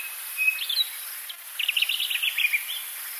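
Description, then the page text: Chinspot batis calling: a short clear whistle, then a quick run of chattering, slightly buzzy notes, with faint insect hiss in the background. "Chinspot batis - call. by Ashleigh Tordiffe"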